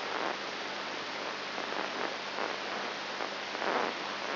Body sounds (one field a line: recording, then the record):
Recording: brain microelectrode recording played as sound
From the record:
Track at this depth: inside the subthalamic nucleus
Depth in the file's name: 1.106 mm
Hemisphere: left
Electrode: 3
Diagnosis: Parkinson's disease